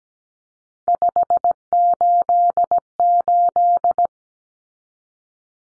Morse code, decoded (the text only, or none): 588